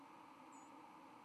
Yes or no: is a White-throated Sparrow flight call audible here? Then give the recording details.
no. Another species' flight call is heard. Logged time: 09:25 on 31 October 2014